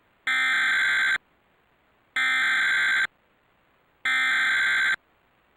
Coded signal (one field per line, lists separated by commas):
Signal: Emergency Alert System (SAME) tones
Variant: header bursts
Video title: (EAS #30) (1st Variant) Suddenlink / Optimum - Tornado Warning For Parkersburg WV (8/7/2023)